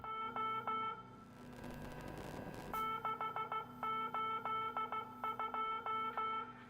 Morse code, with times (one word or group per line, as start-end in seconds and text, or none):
0.1-0.9 O
2.7-6.4 682